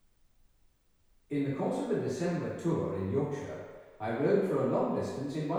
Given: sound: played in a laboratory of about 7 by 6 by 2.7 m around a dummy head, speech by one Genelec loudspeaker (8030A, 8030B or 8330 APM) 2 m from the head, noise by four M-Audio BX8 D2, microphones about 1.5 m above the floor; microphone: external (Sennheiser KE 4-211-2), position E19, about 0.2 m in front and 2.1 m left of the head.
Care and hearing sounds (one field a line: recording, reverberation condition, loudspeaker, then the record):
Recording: male speech in English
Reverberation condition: high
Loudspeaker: 150 degrees to the left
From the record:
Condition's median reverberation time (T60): about 1300 ms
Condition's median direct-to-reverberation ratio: about -4.0 dB